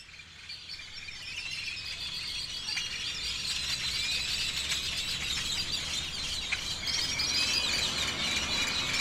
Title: Campeche, México - Aves sobre malecón en madrugada